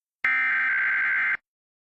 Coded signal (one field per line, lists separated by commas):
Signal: Emergency Alert System (SAME) tones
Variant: header bursts